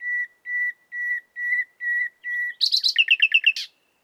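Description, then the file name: Common nightingale song opening with six steady whistled notes about half a second apart, then a quick burst of sharp chirps and rolling notes. "Luscinia megarhynchos"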